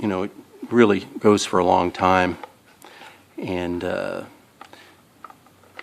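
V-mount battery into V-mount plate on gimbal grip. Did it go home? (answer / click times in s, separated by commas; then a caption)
yes / 5.8 s. Someone talks, then a V-mount battery is pushed onto the V-mount plate fitted to a Yuneec Steadygrip camera gimbal grip, with a few faint knocks before it snaps into place with a click at 5.8 s.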